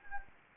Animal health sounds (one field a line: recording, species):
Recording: mosquito wingbeat signal from an infrared sensor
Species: Anopheles gambiae